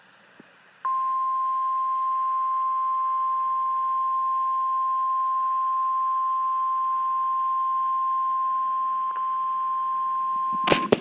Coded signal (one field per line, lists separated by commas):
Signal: Emergency Alert System (SAME) tones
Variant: 1050 Hz attention tone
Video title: WWF35 REQUIRED WEEKLY TEST (EAS #16)